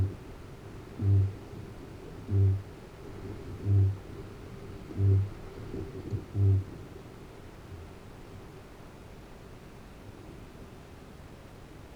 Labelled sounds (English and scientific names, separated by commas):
Kākāpō (Strigops habroptilus) boom